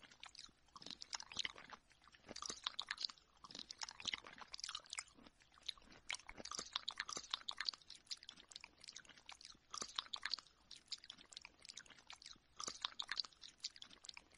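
Mouth sounds: wet clicks, smacks and crunchy chewing noises come in quick, irregular bursts throughout, with brief pauses between clusters. The sounds are bright and crisp, with little else in the background.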